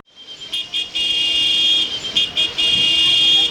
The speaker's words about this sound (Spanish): Un montón de carros y de sonidos superpuestos. Transeúntes encontrados chocándose unos con otros, intentando escapar de la multitud sin darse cuenta que ellos son quienes la conforman.